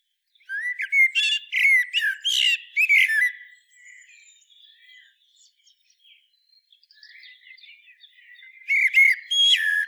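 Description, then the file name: Common blackbird calls: a burst of squeaky, warbled notes with high twittering overtones for about three seconds, a quieter stretch of faint notes, then another loud burst. "Turdus merula"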